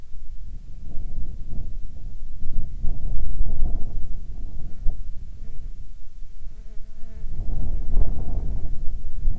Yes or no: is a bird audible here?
no